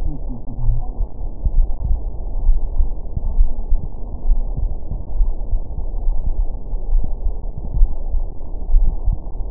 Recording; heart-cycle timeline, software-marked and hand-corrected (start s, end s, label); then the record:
heart sounds
0.00	0.04	systole
0.04	0.14	S2
0.14	0.64	diastole
0.64	0.78	S1
0.78	0.98	systole
0.98	1.06	S2
1.06	1.54	diastole
1.54	1.66	S1
1.66	1.84	systole
1.84	2.00	S2
2.00	2.44	diastole
2.44	2.58	S1
2.58	2.76	systole
2.76	2.88	S2
2.88	3.36	diastole
3.36	3.48	S1
3.48	3.70	systole
3.70	3.80	S2
3.80	4.28	diastole
4.28	4.42	S1
4.42	4.62	systole
4.62	4.70	S2
4.70	5.18	diastole
5.18	5.32	S1
5.32	5.52	systole
5.52	5.62	S2
5.62	6.06	diastole
6.06	6.18	S1
6.18	6.38	systole
6.38	6.46	S2
6.46	6.92	diastole
6.92	7.04	S1
7.04	7.24	systole
7.24	7.34	S2
7.34	7.74	diastole
7.74	7.90	S1
7.90	8.12	systole
8.12	8.22	S2
8.22	8.70	diastole
8.70	8.86	S1
8.86	9.06	systole
9.06	9.18	S2
9.18	9.51	diastole
From the record:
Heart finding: coronary artery disease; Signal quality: good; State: rest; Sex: female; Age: 74 years